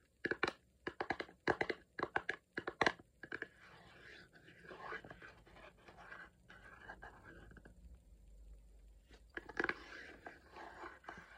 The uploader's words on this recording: ASMR taping et autre.